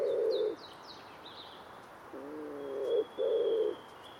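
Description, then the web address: Common wood pigeon giving low, soft coos: a short note at the start, then after a gap a longer wavering coo and a steadier one, with faint bird chirps. "cianscape. Deverinetal. Bird Only"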